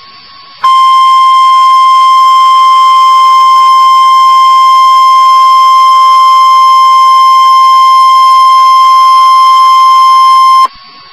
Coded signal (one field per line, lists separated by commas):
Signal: Emergency Alert System (SAME) tones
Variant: 1050 Hz attention tone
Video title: Severe Thunderstorm Warning (EAS #342)